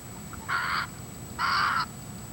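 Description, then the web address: Snowy egret giving two coarse, grating croaks nearly a second apart. "cantos garcitablanca"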